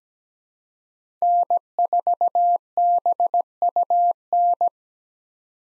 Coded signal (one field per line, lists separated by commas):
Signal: Morse code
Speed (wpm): 17 wpm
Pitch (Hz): 700 Hz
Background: none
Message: N4BUN